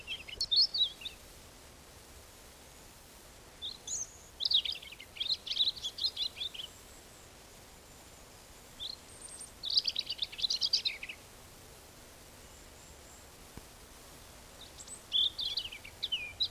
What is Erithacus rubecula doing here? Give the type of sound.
song